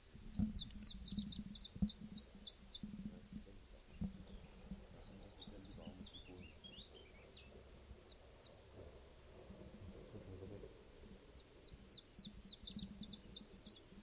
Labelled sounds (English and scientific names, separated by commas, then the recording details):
Iberian Chiffchaff (Phylloscopus ibericus) song
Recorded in the wild
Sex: male
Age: adult
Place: Bei Ramales, Nordspanien, Kantabrien, ES
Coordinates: 43.25, -3.46667
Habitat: mountain side
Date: 1964-05-06
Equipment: Nagra III PH, Parabolspiegelmikrophon, LGS26
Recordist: Faber, A., Sapper and Schneider, H.-J